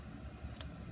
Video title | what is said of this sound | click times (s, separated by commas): #junkjournal journey continues - Adding Doors and Magnets to a Page in Dimensional Cover Journal | you can hear that little click and the little tags fit in there | 0.6 s